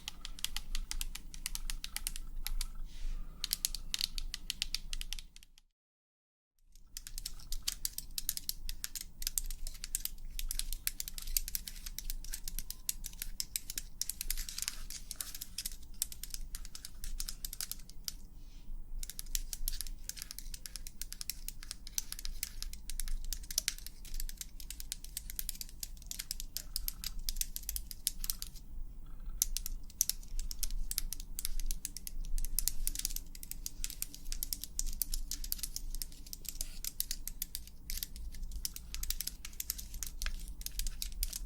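Rapid, dense tapping clicks run almost nonstop, bright and crisp over a low steady hum, breaking into full silence briefly near six seconds.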